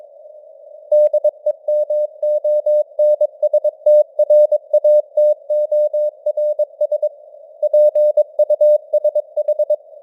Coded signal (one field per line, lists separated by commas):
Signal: Morse code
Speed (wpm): 22 wpm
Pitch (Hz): 600 Hz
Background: none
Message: DEMONSTRATORS PUSH